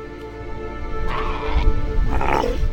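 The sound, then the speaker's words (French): An Australian sea lion on Kangaroo Island, off southern Australia, gives two hoarse, barking calls, the second rising and falling in pitch, over a steady low rumble of background noise. “Kangourou, située au sud de l'Australie, véritable paradis animal, où l'on croise des kangourous bien sûr, mais aussi des koalas, des ornithorynques, des otaries à fourrure et notre lion des mers, espèce protégée car en diminution depuis des années.”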